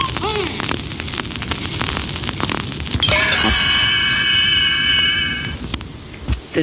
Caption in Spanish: Un bebé prematuro con un peso al nacer de 2 kilos este lamento es mucho más débil.